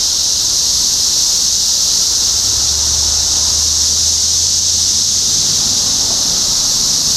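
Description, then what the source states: Cicada chorus as a steady high buzzing hiss, joined partway through by a low hum. Several cicadas recorded in Topeka, Kansas, United States, on 14 June 2015.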